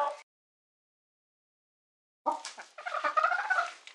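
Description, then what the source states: Chicken distress squawks: a short cry at the start, then after a pause a run of harsh, wavering harmonic cries rising and falling in pitch. Chicken giving distress calls.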